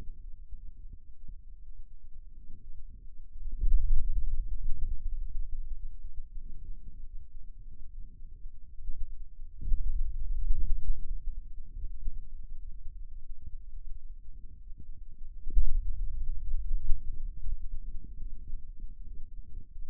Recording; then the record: forearm muscle sounds (acoustic myography)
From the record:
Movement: pen grasping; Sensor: system 2, bracelet of six BSWA MPA416 microphones around the upper forearm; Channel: 3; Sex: male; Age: 22 years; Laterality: right